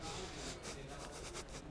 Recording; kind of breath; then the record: one breath in and out by a microphone near the nose and mouth; strong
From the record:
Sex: male